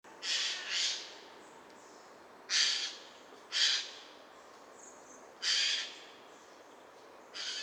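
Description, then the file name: Eurasian jay calling with several hoarse, noisy screeches, some in pairs, over a faint steady hiss. "Garrulus glandarius"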